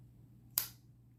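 The single steel blade of an antique 4 in Thomas Turner and Company slip-joint jack knife is closed into its handle against a strong backspring. Over a quiet low hum, it shuts with one sharp, bright snap at 0.6 s that fades quickly, and the blade is seated shut.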